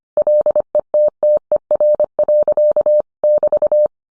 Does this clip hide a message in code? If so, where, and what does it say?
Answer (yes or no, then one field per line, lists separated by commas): yes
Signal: Morse code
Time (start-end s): 0.2-3.9 s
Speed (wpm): 25 wpm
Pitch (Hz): 600 Hz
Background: none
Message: LETTER. <BT>